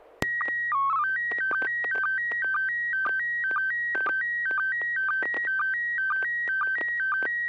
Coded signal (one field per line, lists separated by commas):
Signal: SSTV (slow-scan television)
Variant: PD 120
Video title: N6NA SSTV Net - 10/18/2023